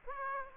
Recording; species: mosquito wingbeat signal from an infrared sensor; Aedes aegypti